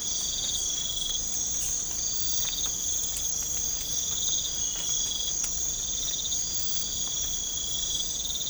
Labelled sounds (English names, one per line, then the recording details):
none
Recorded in pastures near Puerto Asís, Putumayo, Colombia, on 18 December 2024 at 03:00
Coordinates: 0.496, -76.326
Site G004